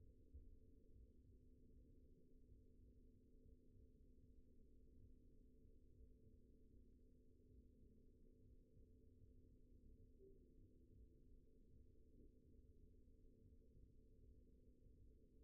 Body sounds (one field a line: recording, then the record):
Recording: forearm muscle sounds (acoustic myography)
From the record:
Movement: pen grasping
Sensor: system 2, bracelet of six BSWA MPA416 microphones around the upper forearm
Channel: 6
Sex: male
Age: 22 years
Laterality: right